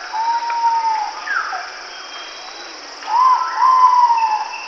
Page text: Ivory-Breasted Pitta Call. Quick Sounds